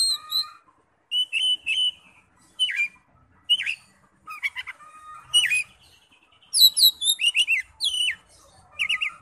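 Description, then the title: Oriental magpie-robin song: clear whistled notes and quick chirps in short phrases, with several high sweeping notes toward the end. "Kacer"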